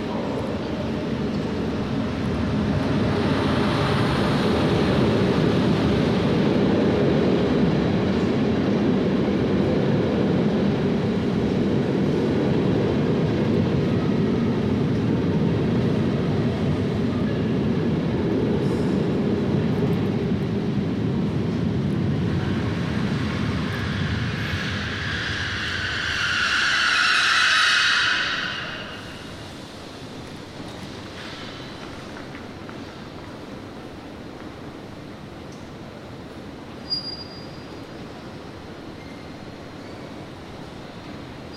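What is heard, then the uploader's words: On a platform, a train rumbles past loudly for nearly half a minute, squeals briefly near the end, then fades to quiet station hum with one faint click. Station Hollands Spoor Den Haag. Recorded around 9 o'clock in the morning while waiting for my train to Rotterdam.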